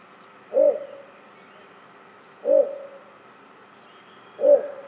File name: torpegem hangja - torpegem - Ixobrychus minutus